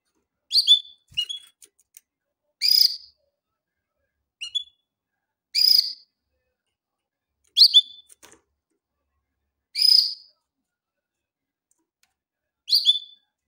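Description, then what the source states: Canary calls: short sharp chirps repeated at irregular intervals of up to three seconds over quiet gaps. For training canaries.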